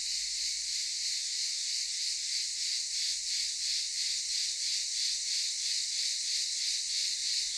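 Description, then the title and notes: Cicadas in a continuous, loud, hissing buzz, pulsing steadily about three times a second, with a faint tonal whistle in the background. Cicadas recorded in daytime at Aylak Yaşam Camp, Çıralı, Kemer, Antalya, Turkey. "Ulupınar Mahallesi, Çıralı Yolu, 07980 Kemer/Antalya, Turkey - Cicadas daytime. Aylak Yaşam Camp, cicadas in daytime"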